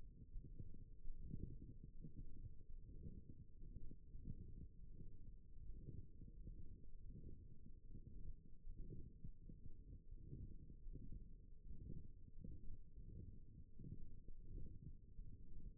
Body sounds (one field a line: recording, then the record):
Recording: forearm muscle sounds (acoustic myography)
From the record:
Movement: forearm supination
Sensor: system 1, eight BSWA MPA416 microphones around the upper forearm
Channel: 4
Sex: male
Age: 23 years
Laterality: right